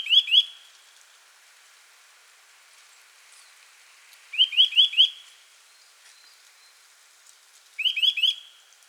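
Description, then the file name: Eurasian nuthatch giving three bursts of rapid rising notes, a few seconds apart, separated by quiet gaps. "Sitta europaea"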